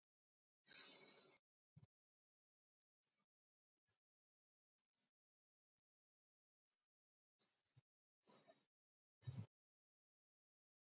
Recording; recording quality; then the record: shallow breathing; excellent, no background noise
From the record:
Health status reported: exposed to COVID-19, no respiratory illness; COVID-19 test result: not tested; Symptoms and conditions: none ticked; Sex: male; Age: 31 years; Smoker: not ticked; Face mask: worn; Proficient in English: yes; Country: India